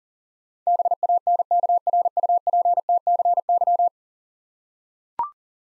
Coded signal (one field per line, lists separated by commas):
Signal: Morse code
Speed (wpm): 40 wpm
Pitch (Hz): 700 Hz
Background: none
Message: BANKRUPTCY